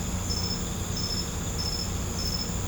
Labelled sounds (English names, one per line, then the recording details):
none
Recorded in pastures near Puerto Asís, Putumayo, Colombia, on 21 December 2024 at 19:30
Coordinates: 0.505, -76.324
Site G063